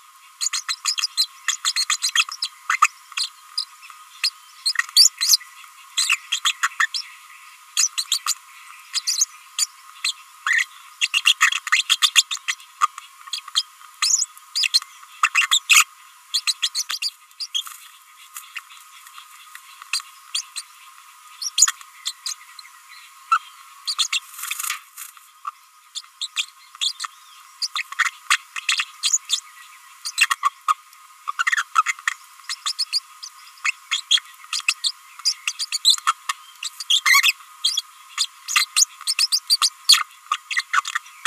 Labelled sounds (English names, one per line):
Green-rumped Parrotlet babbling